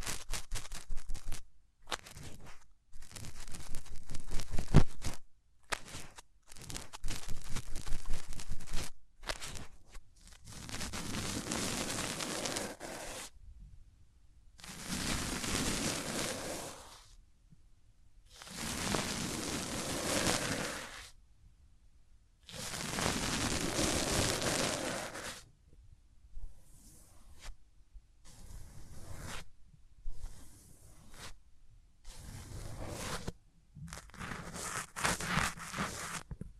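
Hands rub close up over the ears, making dry, rustling swishes. Quick, choppy scratches fill the first ten seconds, then give way to four long, even strokes a few seconds apart, before short irregular bursts return near the end.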